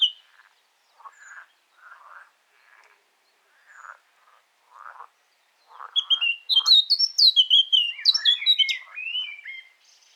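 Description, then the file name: Eurasian blackcap song: after several low, hoarse croaking notes, a loud burst of rich, fluty warbling with rapid high notes tumbling downward, lasting about four seconds. "Sylvia atricapilla"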